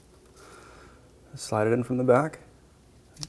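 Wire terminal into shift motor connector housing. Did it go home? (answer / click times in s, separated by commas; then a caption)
yes / 3.2 s. A crimped wire terminal is slid into the back of a new plastic plug for the transfer case shift motor on a 1997–2003 Ford F-150. Someone talks, then a sharp, short click is heard at 3.2 s as the terminal locks into the connector and is seated.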